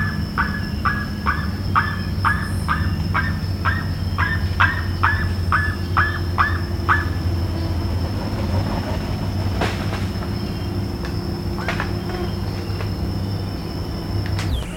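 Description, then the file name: Bird calls: a rapid train of upturned notes for the first seven seconds, then mostly hum with a few clicks and faint notes later. "SABIOD 50 bird 2015"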